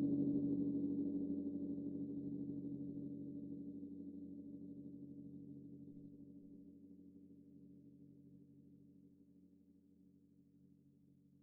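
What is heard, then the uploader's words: A single gong stroke rings out and decays slowly over about eleven seconds, fading steadily from loud to quiet. The tone is deep and full, with a strong hum in the low middle and faint shimmering beats that wobble through the sustain. Meditation Five Celestial Gongs.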